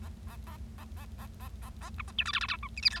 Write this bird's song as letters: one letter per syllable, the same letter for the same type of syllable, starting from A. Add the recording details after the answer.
A A A A A A A A A B C D E F F G H I J K. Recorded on 25 March 2012 at 19:17. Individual gy6or6